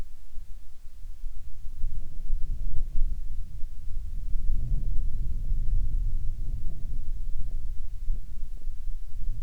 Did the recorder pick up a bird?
no